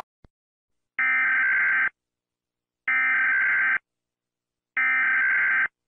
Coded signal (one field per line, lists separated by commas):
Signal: Emergency Alert System (SAME) tones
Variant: header bursts